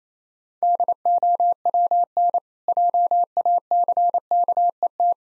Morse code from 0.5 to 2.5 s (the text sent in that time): DOWN